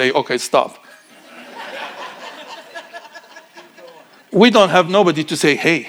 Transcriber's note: congregation laughing